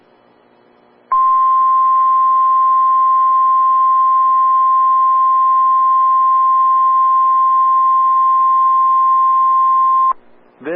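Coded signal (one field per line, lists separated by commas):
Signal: Emergency Alert System (SAME) tones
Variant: 1050 Hz attention tone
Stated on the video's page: Des Moines Required Weekly Test EAS tones.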